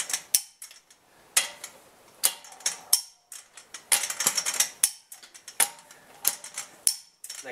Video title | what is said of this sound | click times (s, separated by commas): 2008 Honda Civic Front Brake Rotor Replacement | click noise you hear is the torque wrench reaching 90 foot- pounds that's what lets me know it's tight enough | 0.3 s, 2.9 s, 4.8 s, 6.9 s